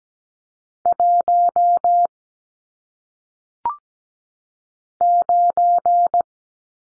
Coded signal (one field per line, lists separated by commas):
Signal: Morse code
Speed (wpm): 17 wpm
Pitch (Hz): 700 Hz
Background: none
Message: 1 9